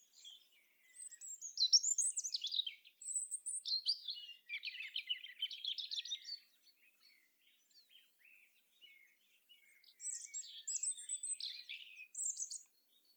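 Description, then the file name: European robin song: a series of high, sweet warbling phrases with rapid twitters and thin whistles, a lull, then more bright bursts. "Erithacus rubecula"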